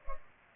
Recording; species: mosquito wingbeat signal from an infrared sensor; Culex pipiens